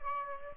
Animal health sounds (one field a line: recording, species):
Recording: mosquito wingbeat signal from an infrared sensor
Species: Aedes aegypti